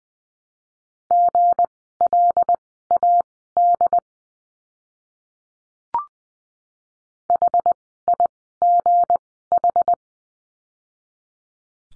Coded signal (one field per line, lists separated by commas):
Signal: Morse code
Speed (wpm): 20 wpm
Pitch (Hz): 700 Hz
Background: none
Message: GLAD HIGH